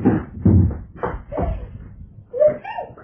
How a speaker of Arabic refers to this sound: اقفل الباب وراكي.